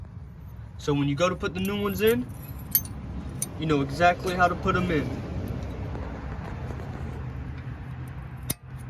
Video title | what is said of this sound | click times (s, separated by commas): How To Change Brake Pads on 2nd Gen Ford Explorer (95-01) | you'll hear it click just like that now that's beautiful | 8.5 s